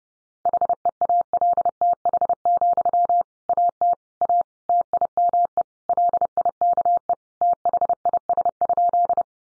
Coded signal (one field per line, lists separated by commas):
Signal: Morse code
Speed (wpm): 30 wpm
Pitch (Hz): 700 Hz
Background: none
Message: HEALTH, AT A TIME LIKE THIS?